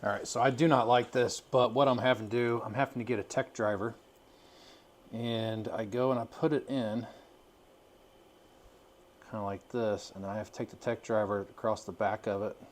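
Someone talks while lining up a wire pin terminal in the plastic connector housing of a $38 Amazon taillight for a Harley, positioning it before pushing it home with a pick tool because the terminals won't snap in on their own. Speech fills most of the clip, with quiet pauses around 4–5 s and 7.5–9 s. Nothing has seated or clicked yet.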